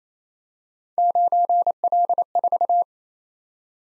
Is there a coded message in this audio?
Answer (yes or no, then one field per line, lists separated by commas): yes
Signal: Morse code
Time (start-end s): 1.0-2.8 s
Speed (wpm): 28 wpm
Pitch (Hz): 700 Hz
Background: none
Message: 9L4